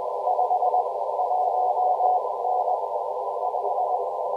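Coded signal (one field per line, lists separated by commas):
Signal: Morse code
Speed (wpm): 19 wpm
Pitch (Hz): 730 Hz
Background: none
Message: 51N 5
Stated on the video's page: Parks on the Air CW activation keyed with a Begali Traveler paddle, using an Elecraft KX2 and an EndFedz trail-friendly antenna.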